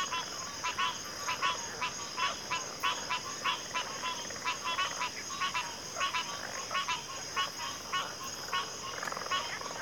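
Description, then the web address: Dense cricket chorus holding a steady high drone, overlaid by many rapid pulsed calls at an irregular pace. Chorus of crickets in a backwater. "WLL Grade 1-12 Pre-Uni Library Enter Natures Songs Sleep Sounds of Nature CRICKETS Backwater Chorus"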